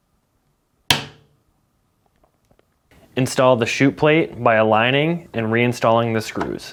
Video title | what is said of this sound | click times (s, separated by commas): How to replace Auger Motor Shaft Seal part # WP2198628 on your Whirlpool Refrigerator | To install the clip, align the tabs with the text facing up and press down to snap in place. | 0.9 s